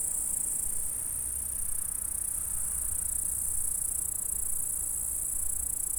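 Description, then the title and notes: Insect stridulation forms a bright, steady high-pitched hiss, unbroken for the whole stretch, over low background noise. "M3XG+CF Saint-François-de-Sales, France - insectes. Stridulations dans la prairie. Enregistreur ZoomH4 en 96khz 24bits"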